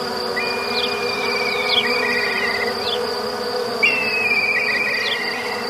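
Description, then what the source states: Low bee hum running under two bright bird trills that drop slightly in pitch, with a steady high insect whine throughout. Forest ambience with bees, birds and crickets.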